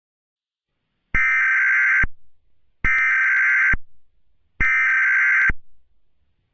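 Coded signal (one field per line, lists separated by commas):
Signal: Emergency Alert System (SAME) tones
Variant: header bursts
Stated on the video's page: Simulated EAS scenario, not a real broadcast, for entertainment.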